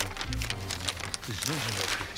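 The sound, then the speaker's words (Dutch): Steady, crackly rustling of ballot papers being handled continuously as votes are counted in the municipality of West-Betuwe, with a low hum underneath and a few murmured voices breaking through partway. “Ja, misschien kun je het horen ook, hoor. Dat het papier ritselt hier nog.”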